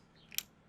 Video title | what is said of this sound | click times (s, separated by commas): Why your next bike should fold - Tern Link vs Tern Node, D8 vs D7i | Pull it, go up or down, doesn't matter, it clicks into place. Same thing again. | 0.4 s